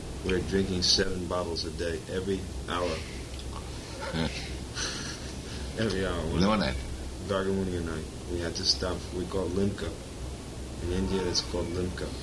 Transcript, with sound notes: We were drinking seven bottles a day. Every hour. Every hour.
[laughs] Lemonade.
Gargamuni and I, we had to stop. We'd call it Limka. In India it is called Limka.